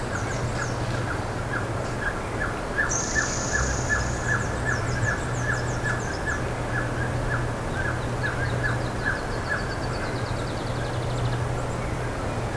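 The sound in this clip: Bird calls: soft, repeated downslurred chips through most, with a high whistle and faint twittering over a low hum.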